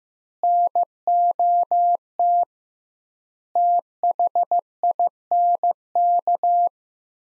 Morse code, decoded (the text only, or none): NOT THINK